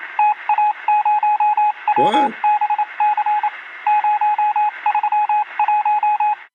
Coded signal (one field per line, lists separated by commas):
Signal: Morse code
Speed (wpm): 27 wpm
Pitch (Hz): 840 Hz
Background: speech, radio noise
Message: TA0WBC 031